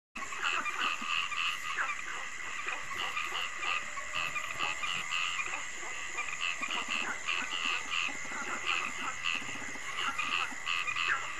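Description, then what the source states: Frog chorus of rapid, overlapping croaking notes, continuous and busy throughout, with a steady high-pitched drone running underneath. Frogs calling at night.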